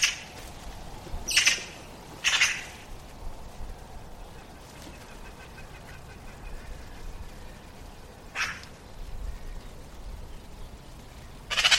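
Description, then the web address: Bird calls as short, sharp, scratchy notes spaced irregularly over a steady low hiss: one at the very start, two close together soon after, one later and another at the end. "cianscape birddata Deverinetal"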